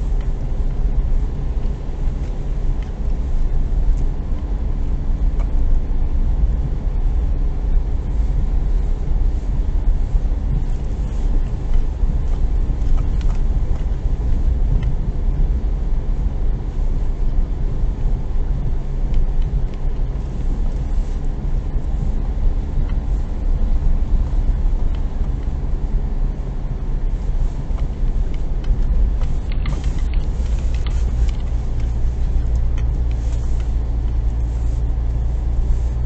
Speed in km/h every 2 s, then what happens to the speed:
20, 21, 20, 20, 20, 21, 20, 20, 20, 20, 21, 21, 20, 19, 18, 18, 14, 15.
0-36 steady at about 20.